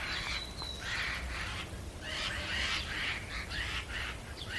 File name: Garrulus glandarius